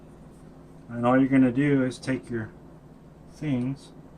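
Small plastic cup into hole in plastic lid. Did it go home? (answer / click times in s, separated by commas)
no / none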